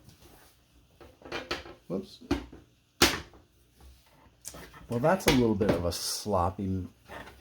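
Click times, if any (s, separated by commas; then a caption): none. A panel of a Lian Li O11 Dynamic PC case is handled against the case frame, which is warped because the case is standing unevenly on a stand. Someone talks while the panel gives off short knocks and rattles, the loudest a sharp knock at about 3.0 s. The clip ends with the panel handled but not seated, and nothing has clicked into place yet.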